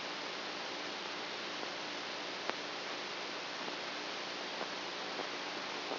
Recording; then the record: brain microelectrode recording played as sound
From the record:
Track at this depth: outside the subthalamic nucleus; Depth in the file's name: 5.001 mm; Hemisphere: right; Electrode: 2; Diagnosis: Parkinson's disease